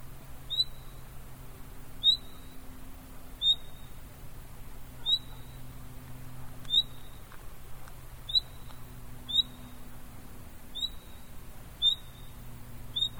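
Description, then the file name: Common nightingale repeating a clear rising whistle with a short level tail about every second and a half, ten calls in steady series over a low background hum. "Luscinia megarhynchos"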